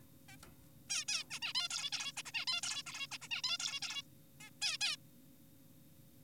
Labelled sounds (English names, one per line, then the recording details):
Zebra Finch
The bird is an adult
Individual g4p5U